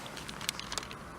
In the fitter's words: swivel on there spinosaurus a bit loose but on the t-rex here they kind of click into place which is nice